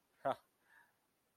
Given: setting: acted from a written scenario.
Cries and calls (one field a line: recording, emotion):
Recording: vocal sound without words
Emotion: contempt